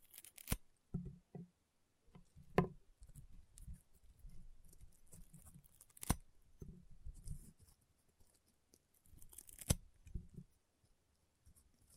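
Rainbow honeycomb slime being squeezed, giving off crunchy, popping sounds in quick irregular clusters. Sharp bright pops stand out near 0.5, 2.6, 6 and 9.7 seconds, separated by softer low squelches and short silent gaps.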